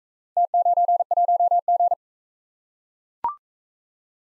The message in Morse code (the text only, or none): T91G